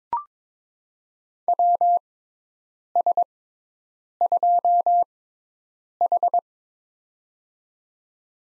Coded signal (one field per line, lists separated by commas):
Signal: Morse code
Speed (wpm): 21 wpm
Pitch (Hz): 700 Hz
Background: none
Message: WS2H